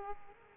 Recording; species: mosquito wingbeat signal from an infrared sensor; Aedes aegypti